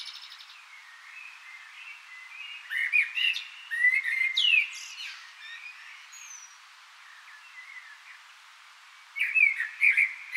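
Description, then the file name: Common blackbird song: mellow fluted warbling phrases mixed with high squeaky twitters, with a quiet pause between bursts. "Turdus merula"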